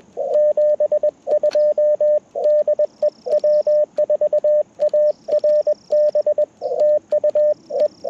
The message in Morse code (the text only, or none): 72 DE W4ARB TUE